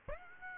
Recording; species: mosquito wingbeat signal from an infrared sensor; Aedes aegypti